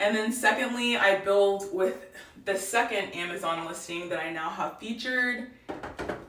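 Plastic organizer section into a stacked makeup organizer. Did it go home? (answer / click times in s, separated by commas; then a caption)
yes / 5.8 s, 6.0 s. A second plastic organizer section is fitted onto a stacked makeup organizer using its dividers while someone talks. Two quick clicks are heard at 5.8 s and 6.0 s as the second organizer unit snaps into place.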